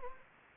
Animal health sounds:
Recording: mosquito wingbeat signal from an infrared sensor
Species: Anopheles gambiae

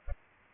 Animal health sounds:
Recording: mosquito wingbeat signal from an infrared sensor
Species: Culex pipiens

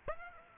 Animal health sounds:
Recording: mosquito wingbeat signal from an infrared sensor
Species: Aedes aegypti

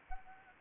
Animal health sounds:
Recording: mosquito wingbeat signal from an infrared sensor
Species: Anopheles gambiae

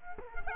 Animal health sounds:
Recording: mosquito wingbeat signal from an infrared sensor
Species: Culex quinquefasciatus

